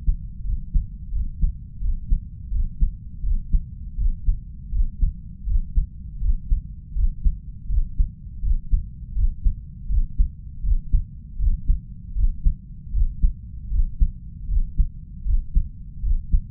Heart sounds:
heart sounds by stethoscope; 81 bpm
0.42 s: heartbeat
1.10 s: heartbeat
1.79 s: heartbeat
2.49 s: heartbeat
3.21 s: heartbeat
3.95 s: heartbeat
4.70 s: heartbeat
5.45 s: heartbeat
6.19 s: heartbeat
6.93 s: heartbeat
7.67 s: heartbeat
8.41 s: heartbeat
9.14 s: heartbeat
9.87 s: heartbeat
10.62 s: heartbeat
11.37 s: heartbeat
12.14 s: heartbeat
12.91 s: heartbeat
13.69 s: heartbeat
14.47 s: heartbeat
15.23 s: heartbeat
16.01 s: heartbeat
From the record:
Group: healthy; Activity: breath hold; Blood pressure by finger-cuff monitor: 97/64 mmHg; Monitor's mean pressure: 72 mmHg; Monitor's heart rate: 81 bpm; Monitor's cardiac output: 5.1 L/min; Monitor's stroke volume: 63 mL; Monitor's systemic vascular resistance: 990 dyn s/cm5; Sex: female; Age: 32 years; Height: 168 cm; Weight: 61.9 kg

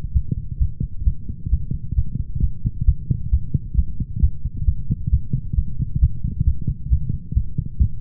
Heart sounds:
heart sounds by stethoscope; 133 bpm
0.13 s: heartbeat
0.59 s: heartbeat
1.05 s: heartbeat
1.50 s: heartbeat
1.95 s: heartbeat
2.41 s: heartbeat
2.86 s: heartbeat
3.31 s: heartbeat
3.76 s: heartbeat
4.21 s: heartbeat
4.66 s: heartbeat
5.11 s: heartbeat
5.55 s: heartbeat
6.00 s: heartbeat
6.45 s: heartbeat
6.90 s: heartbeat
7.34 s: heartbeat
7.79 s: heartbeat
From the record:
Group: healthy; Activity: light exercise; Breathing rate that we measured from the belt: 34 breaths a minute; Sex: male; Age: 24 years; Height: 184 cm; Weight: 89 kg

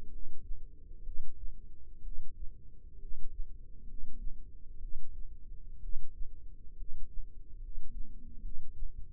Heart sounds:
heart sounds by microphone in the left ear; 65 bpm
0.07 s: heartbeat
1.00 s: heartbeat
1.99 s: heartbeat
2.96 s: heartbeat
3.83 s: heartbeat
4.76 s: heartbeat
5.77 s: heartbeat
6.73 s: heartbeat
7.56 s: heartbeat
8.38 s: heartbeat
From the record:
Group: healthy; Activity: rest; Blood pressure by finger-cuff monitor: 100/66 mmHg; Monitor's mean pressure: 76 mmHg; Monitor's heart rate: 64 bpm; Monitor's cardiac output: 7 L/min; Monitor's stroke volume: 108 mL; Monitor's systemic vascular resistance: 790 dyn s/cm5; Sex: male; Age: 22 years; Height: 185 cm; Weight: 112.4 kg

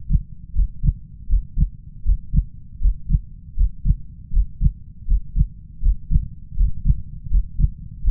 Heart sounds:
heart sounds by stethoscope; 80 bpm
0.53 s: heartbeat
1.27 s: heartbeat
2.03 s: heartbeat
2.79 s: heartbeat
3.55 s: heartbeat
4.31 s: heartbeat
5.05 s: heartbeat
5.80 s: heartbeat
6.55 s: heartbeat
7.28 s: heartbeat
8.02 s: heartbeat
From the record:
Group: healthy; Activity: breath hold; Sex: male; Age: 21 years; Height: 180 cm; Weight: 67.5 kg

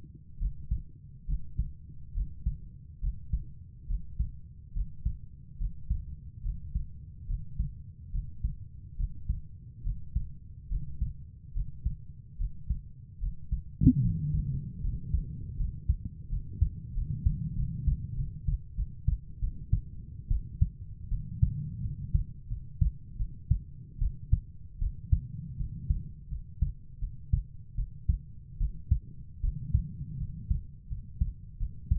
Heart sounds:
heart sounds by stethoscope; 77 bpm
0.39 s: heartbeat
1.26 s: heartbeat
2.14 s: heartbeat
3.01 s: heartbeat
3.87 s: heartbeat
4.73 s: heartbeat
5.58 s: heartbeat
6.43 s: heartbeat
7.27 s: heartbeat
8.12 s: heartbeat
8.97 s: heartbeat
9.83 s: heartbeat
10.69 s: heartbeat
11.53 s: heartbeat
12.38 s: heartbeat
13.20 s: heartbeat
14.02 s: heartbeat
14.82 s: heartbeat
15.57 s: heartbeat
16.30 s: heartbeat
16.94 s: heartbeat
17.56 s: heartbeat
18.16 s: heartbeat
18.76 s: heartbeat
19.40 s: heartbeat
20.29 s: heartbeat
21.10 s: heartbeat
21.82 s: heartbeat
22.49 s: heartbeat
23.18 s: heartbeat
24.00 s: heartbeat
24.80 s: heartbeat
25.58 s: heartbeat
26.30 s: heartbeat
27.00 s: heartbeat
27.76 s: heartbeat
28.59 s: heartbeat
29.42 s: heartbeat
30.19 s: heartbeat
30.89 s: heartbeat
31.59 s: heartbeat
From the record:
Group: healthy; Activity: breath hold 0-16 s, rest 16-32 s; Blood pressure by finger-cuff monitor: 123/72 mmHg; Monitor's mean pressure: 88 mmHg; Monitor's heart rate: 73 bpm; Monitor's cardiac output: 6.5 L/min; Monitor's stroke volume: 83 mL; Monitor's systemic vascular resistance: 1030 dyn s/cm5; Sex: female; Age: 22 years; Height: 160 cm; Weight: 63 kg

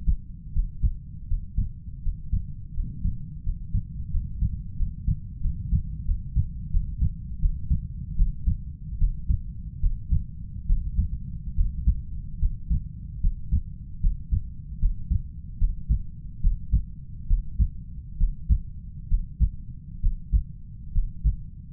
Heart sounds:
heart sounds by stethoscope; 77 bpm
0.52 s: heartbeat
1.27 s: heartbeat
2.02 s: heartbeat
2.73 s: heartbeat
3.42 s: heartbeat
4.10 s: heartbeat
4.76 s: heartbeat
5.40 s: heartbeat
6.04 s: heartbeat
6.70 s: heartbeat
7.39 s: heartbeat
8.15 s: heartbeat
8.97 s: heartbeat
9.79 s: heartbeat
10.65 s: heartbeat
11.54 s: heartbeat
12.38 s: heartbeat
13.20 s: heartbeat
13.99 s: heartbeat
14.78 s: heartbeat
15.57 s: heartbeat
16.40 s: heartbeat
17.26 s: heartbeat
18.16 s: heartbeat
19.07 s: heartbeat
19.99 s: heartbeat
20.91 s: heartbeat
From the record:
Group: healthy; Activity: breath hold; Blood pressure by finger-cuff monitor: 102/74 mmHg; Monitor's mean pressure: 83 mmHg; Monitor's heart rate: 73 bpm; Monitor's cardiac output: 5.3 L/min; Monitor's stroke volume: 71 mL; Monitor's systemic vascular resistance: 1130 dyn s/cm5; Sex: male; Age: 20 years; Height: 187 cm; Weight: 68.9 kg

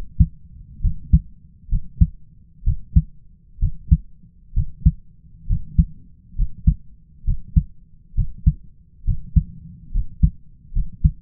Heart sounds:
heart sounds by stethoscope; 67 bpm
0.82 s: heartbeat
1.69 s: heartbeat
2.64 s: heartbeat
3.60 s: heartbeat
4.54 s: heartbeat
5.47 s: heartbeat
6.36 s: heartbeat
7.25 s: heartbeat
8.15 s: heartbeat
9.05 s: heartbeat
9.92 s: heartbeat
10.73 s: heartbeat
From the record:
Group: healthy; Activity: rest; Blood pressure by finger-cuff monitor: 122/65 mmHg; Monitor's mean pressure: 79 mmHg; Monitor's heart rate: 67 bpm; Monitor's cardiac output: 5.2 L/min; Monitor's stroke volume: 80 mL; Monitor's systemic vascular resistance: 1150 dyn s/cm5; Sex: male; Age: 20 years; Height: 167 cm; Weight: 61 kg

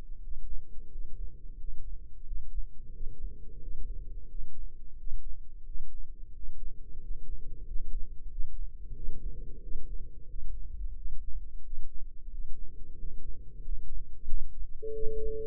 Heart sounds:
heart sounds by microphone in the left ear; 90 bpm
0.20 s: heartbeat
0.88 s: heartbeat
1.56 s: heartbeat
2.24 s: heartbeat
2.91 s: heartbeat
3.59 s: heartbeat
4.27 s: heartbeat
4.95 s: heartbeat
5.64 s: heartbeat
6.32 s: heartbeat
6.99 s: heartbeat
7.64 s: heartbeat
8.28 s: heartbeat
8.93 s: heartbeat
9.59 s: heartbeat
10.26 s: heartbeat
10.94 s: heartbeat
11.61 s: heartbeat
12.28 s: heartbeat
12.95 s: heartbeat
13.61 s: heartbeat
14.26 s: heartbeat
14.91 s: heartbeat
From the record:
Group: healthy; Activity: rest 0-14 s, Valsalva maneuver 14-15 s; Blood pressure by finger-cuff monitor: 118/78 mmHg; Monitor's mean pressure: 91 mmHg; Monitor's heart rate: 89 bpm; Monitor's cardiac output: 7.5 L/min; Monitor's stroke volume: 84 mL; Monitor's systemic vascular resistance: 890 dyn s/cm5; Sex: male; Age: 33 years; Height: 179 cm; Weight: 80.4 kg

